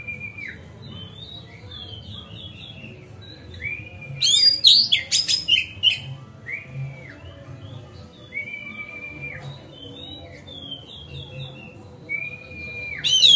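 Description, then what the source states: Oriental magpie-robin song: soft whistled notes repeat at intervals, broken by a loud burst of rapid, chattering high phrases midway. Song tutoring (masteran), made on a terrace.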